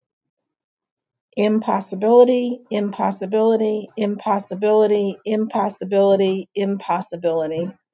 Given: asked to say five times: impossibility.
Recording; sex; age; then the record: repeated word; female; 60 to 69 years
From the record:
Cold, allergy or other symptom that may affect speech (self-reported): no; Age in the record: 66 years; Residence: Pennsylvania, United States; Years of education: 19